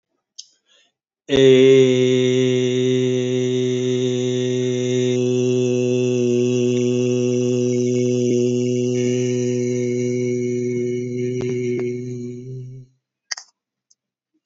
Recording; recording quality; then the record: sustained vowel as in made; excellent, no background noise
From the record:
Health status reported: healthy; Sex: male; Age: 44 years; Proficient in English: yes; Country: India